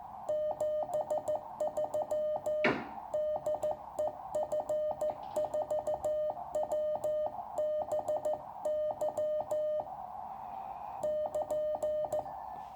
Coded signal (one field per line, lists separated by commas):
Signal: Morse code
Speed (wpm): 14 wpm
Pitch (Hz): 610 Hz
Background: music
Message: 73 DE F4WBY <KN>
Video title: The Resurrection of the Small Wonder Labs SW+ Radio, Pt2.